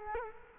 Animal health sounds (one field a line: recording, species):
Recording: mosquito wingbeat signal from an infrared sensor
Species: Culex quinquefasciatus